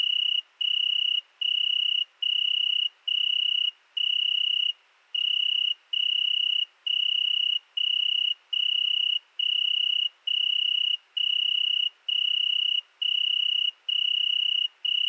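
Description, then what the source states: Italian tree cricket giving a steady sequence of pure, high trilled bursts roughly a second each, with short pauses between, repeated throughout. Night, 22:30, 13 August 2020, Fourcinet ValMaravel; single cricket singing for two nights in Virginia creeper beneath a window; recorded with Nagra Seven and MKH40 cardioid microphone.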